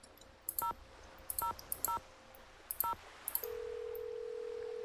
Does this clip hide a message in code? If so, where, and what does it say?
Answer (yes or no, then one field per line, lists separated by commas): yes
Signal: DTMF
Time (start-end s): 0.6-2.9 s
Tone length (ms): 110 ms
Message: 0000